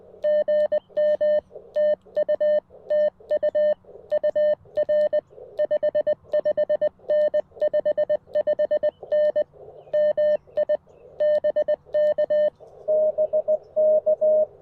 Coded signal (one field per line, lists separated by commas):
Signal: Morse code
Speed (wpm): 20 wpm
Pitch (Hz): 600 Hz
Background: none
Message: GM TU TU UR 55N 55N MI BK BK